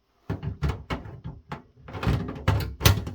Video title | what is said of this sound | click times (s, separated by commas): Testing some custom designed 3D printed replacement screws for the HP EliteDesk 800 G3 | And as you can see, it fits and it locks into place, but it does have a lot more wiggle to it | 2.9 s